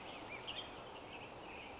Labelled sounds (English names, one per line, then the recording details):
Western Tanager
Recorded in Sonoma County, California